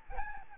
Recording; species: mosquito wingbeat signal from an infrared sensor; Aedes albopictus